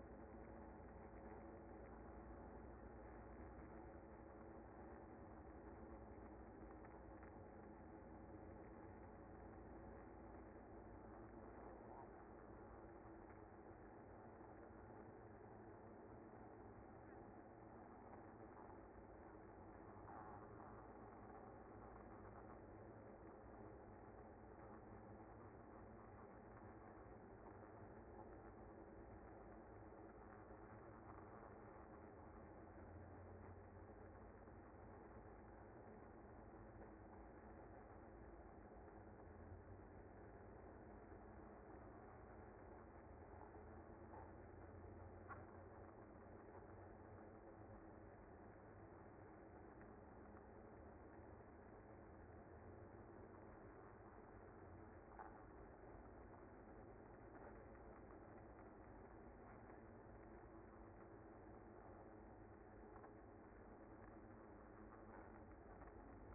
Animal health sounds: honeybee colony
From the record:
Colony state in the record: active

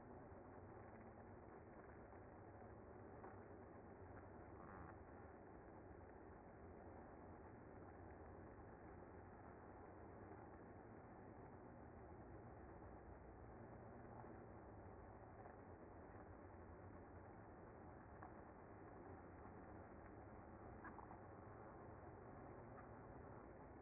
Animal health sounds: honeybee colony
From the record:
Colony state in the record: active

